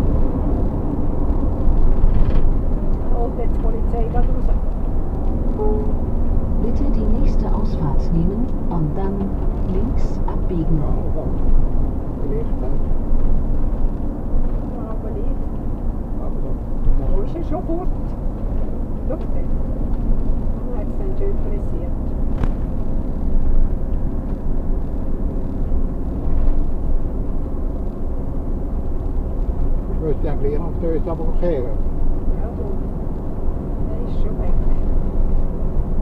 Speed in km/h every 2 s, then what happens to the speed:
88, 85, 83, 81, 75, 70, 64, 61, 62, 64, 66, 70, 70, 72, 72, 72, 72, 70.
0-13 slows to 61. 13-26 speeds up to 72. 26-36 steady at about 72.